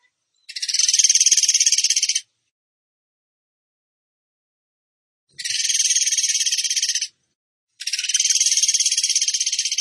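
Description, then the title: Bird song: three high-pitched machine-gun-like trills of rapid pulses, each under two seconds, with a long silent gap after the first. Training song (masteran) for teaching songbirds, in the tembakan gacor style. "Masteran Burung Tembakan Gacor"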